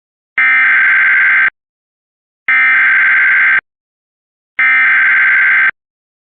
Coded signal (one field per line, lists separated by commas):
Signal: Emergency Alert System (SAME) tones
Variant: header bursts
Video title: Emergency alert System (Charleston SC #easalert #scary #emergencyalertsystem